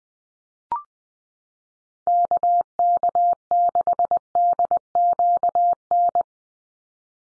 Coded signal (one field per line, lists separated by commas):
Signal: Morse code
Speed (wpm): 20 wpm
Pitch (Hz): 700 Hz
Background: none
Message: KK6DQN